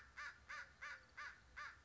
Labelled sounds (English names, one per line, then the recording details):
American Crow
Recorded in Sonoma County, California